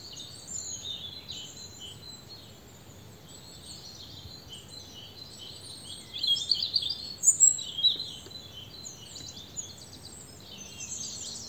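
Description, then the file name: European robin singing a stream of high, tinkling phrases and quick slurred whistles, louder in the middle part. "Erithacus rubecula"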